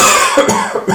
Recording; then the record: coughing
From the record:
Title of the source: Mid-morning Winter Coughing Fit